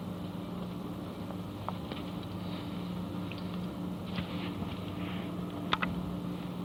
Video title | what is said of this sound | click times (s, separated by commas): Basic Videogame Troubleshooting 720p | push in on the chips and sometimes you'll hear them going crack crack as they snap in place | 1.7 s, 5.7 s, 5.8 s